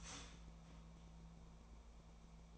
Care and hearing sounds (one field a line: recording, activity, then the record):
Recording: daily activity, microphone in the room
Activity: start toaster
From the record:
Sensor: 1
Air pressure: 1000.3 hPa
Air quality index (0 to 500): 154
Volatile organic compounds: 3 ppm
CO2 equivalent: 1446 ppm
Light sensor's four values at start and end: 30/74/31/37 and 30/74/31/37